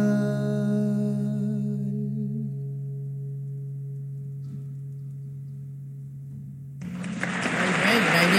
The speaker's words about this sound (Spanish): Fuerte los aplausos.